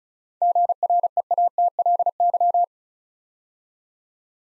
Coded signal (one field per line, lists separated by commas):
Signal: Morse code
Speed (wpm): 36 wpm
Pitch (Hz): 700 Hz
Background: none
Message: GREATLY